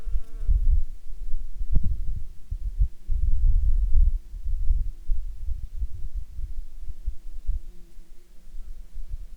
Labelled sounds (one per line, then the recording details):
wind
insects
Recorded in Ivvavik National Park, Yukon, on 28 June 2019 at 12:05
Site SINP09